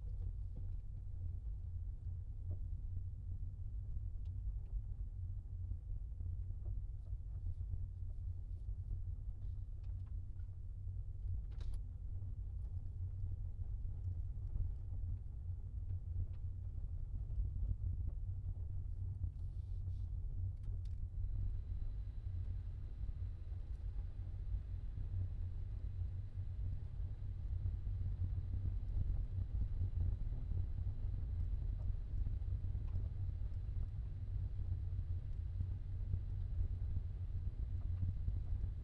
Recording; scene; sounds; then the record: everyday scene through a hearing-aid microphone; in a vehicle; engine, rumble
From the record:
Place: Skoda Fabia, gasoline engine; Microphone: in the ear canal, left